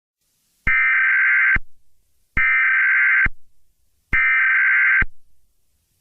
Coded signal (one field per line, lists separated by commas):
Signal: Emergency Alert System (SAME) tones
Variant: header bursts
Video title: EAS Mock: The Broadcaster (Origin)